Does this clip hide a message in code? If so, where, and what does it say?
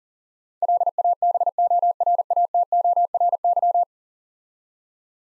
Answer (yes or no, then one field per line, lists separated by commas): yes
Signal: Morse code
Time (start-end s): 0.6-3.8 s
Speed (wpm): 40 wpm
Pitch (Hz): 700 Hz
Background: none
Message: LABORATORY